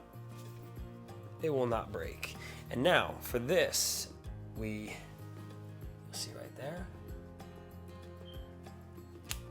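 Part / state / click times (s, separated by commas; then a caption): folding trekking pole part into its locking holder or joint / seated / 9.3 s. Someone talks over steady background music while a runner, showing race gear, pushes a folding trekking pole section or its holder home. One sharp click lands at 9.3 s as the part locks into its holder or joint and seats in place.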